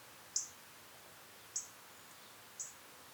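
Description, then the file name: European robin calling with three thin, high ticks, spaced about a second apart, over a soft steady hiss. "Erithacus rubecula"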